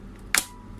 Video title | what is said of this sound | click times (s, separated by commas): how to install ram in laptop dell inspiron 3520 tamil | பண்ணுங்க, இங்கே lock பண்ணி விடுங்க. | 0.3 s